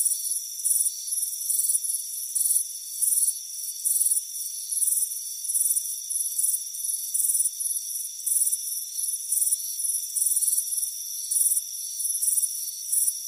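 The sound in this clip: Crickets chirp in rapid, high-pitched bursts grouped irregularly, accompanied throughout by a constant thin insect drone.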